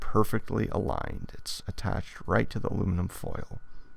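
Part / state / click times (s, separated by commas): dual-lock fastener button on fabric into mating button on trunk cover board / not seated / none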